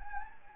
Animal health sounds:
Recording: mosquito wingbeat signal from an infrared sensor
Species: Anopheles gambiae

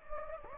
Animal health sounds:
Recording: mosquito wingbeat signal from an infrared sensor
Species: Anopheles gambiae

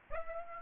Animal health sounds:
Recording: mosquito wingbeat signal from an infrared sensor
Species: Aedes aegypti

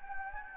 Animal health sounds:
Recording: mosquito wingbeat signal from an infrared sensor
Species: Anopheles gambiae

